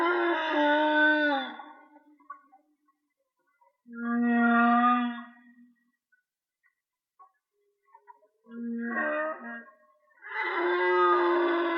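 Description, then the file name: Whale song: long droning harmonic moans separated by gaps of quiet. "Whale Song-colin"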